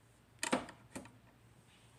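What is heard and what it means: A metal latch on an antique New Home sewing machine or its case is worked by hand until it locks. A sharp metallic click at 0.4 s marks the latch locking, followed by a second clack at 0.5 s and a softer tick at 1.0 s. The latch is locked.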